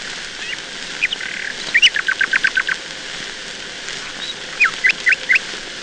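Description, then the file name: Nightingale song with a series of about eight evenly repeated notes, then a pause and a short group of sharp rising notes, backed by steady hiss. "Solovei"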